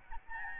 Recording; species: mosquito wingbeat signal from an infrared sensor; Aedes albopictus